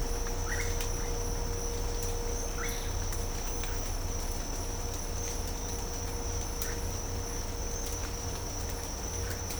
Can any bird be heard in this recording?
yes